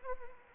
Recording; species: mosquito wingbeat signal from an infrared sensor; Anopheles arabiensis